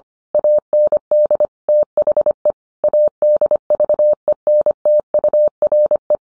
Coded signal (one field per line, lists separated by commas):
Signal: Morse code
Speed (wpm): 24 wpm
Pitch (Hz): 600 Hz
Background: none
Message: AND THE ADVENTURE